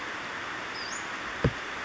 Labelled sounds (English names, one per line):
Western Flycatcher